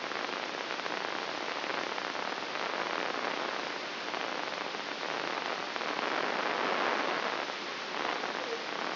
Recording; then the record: brain microelectrode recording played as sound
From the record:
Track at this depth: inside the subthalamic nucleus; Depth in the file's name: 4.465 mm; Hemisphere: left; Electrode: 3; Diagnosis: Parkinson's disease